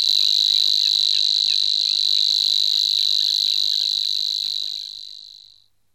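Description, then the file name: Savi's warbler reeling song, a continuous high, even buzz held for about five seconds before fading away, with faint ticking sounds underneath. "cvrčilka-slavíková"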